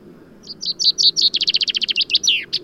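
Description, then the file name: Common chaffinch song: a quick run of high chirps speeding into a rattling trill, ending in a descending flourish, all within under three seconds. "Fringilla coelebs"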